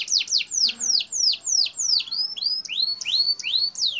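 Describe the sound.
Bird song made of repeated sharp downslurred whistles about three per second, ending in a few rising and falling slurred notes.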